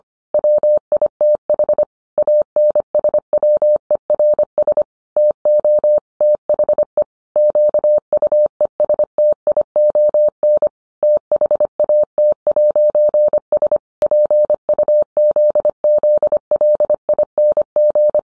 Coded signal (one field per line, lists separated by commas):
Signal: Morse code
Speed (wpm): 25 wpm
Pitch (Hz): 600 Hz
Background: none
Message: WITH ANSWERS TO THE QUESTION THAT'S PUZZLING